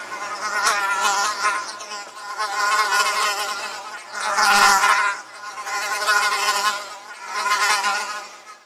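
Fly buzz, a steady wing drone swelling and fading in waves every couple of seconds, loudest in the middle.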